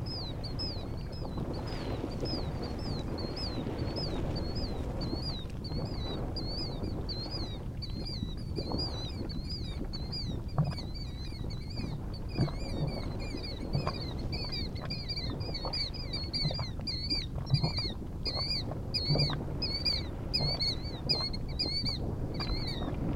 A killdeer (Charadrius vociferus) chorus near Anemone Geyser on Geyser Hill in the Upper Geyser Basin.